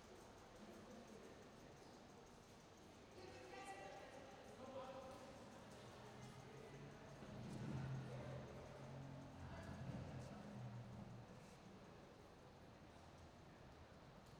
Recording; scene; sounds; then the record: everyday scene through a hearing-aid microphone; reverberant space; background noise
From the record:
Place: railway station hall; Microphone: in the ear canal, right